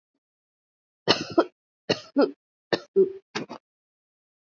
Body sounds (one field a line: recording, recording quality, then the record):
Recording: heavy voluntary cough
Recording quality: excellent, no background noise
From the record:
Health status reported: healthy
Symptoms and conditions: none ticked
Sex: female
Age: 50 years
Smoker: not ticked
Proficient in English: yes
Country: India